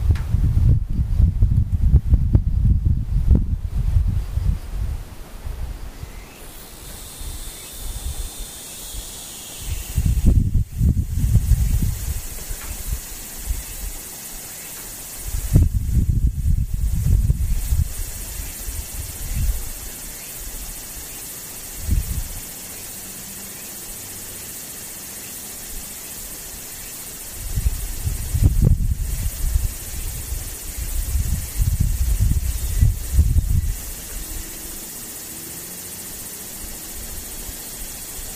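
Cicadas drone in a steady high hiss from about six seconds on, while low rumbling gusts come and go at several points.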